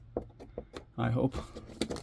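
A pull-down bed in a Hymer Exsis-i 474 is pushed back up into its ceiling latch, giving a few sharp knocks and rattles at about 0.2, 0.6 and 0.8 seconds, and then someone talks. The bed has not latched into place; nothing has clicked.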